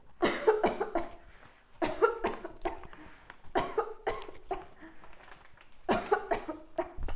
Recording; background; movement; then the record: voluntary coughing; quiet; walking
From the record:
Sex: female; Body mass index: 18.8 kg/m2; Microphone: on the chest, facing outward